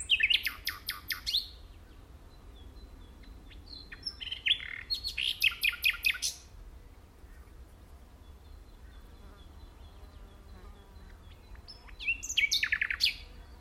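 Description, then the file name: Common nightingale song, three bursts of rapid repeated notes and churring trills separated by quiet gaps of several seconds. "Luscinia megarhynchos"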